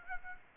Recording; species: mosquito wingbeat signal from an infrared sensor; Aedes aegypti